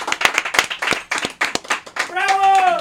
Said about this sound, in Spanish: Pero primero voy a pedir un fuerte aplauso por todo lo que ha dicho, y por la persona que es, y por lo buen músico.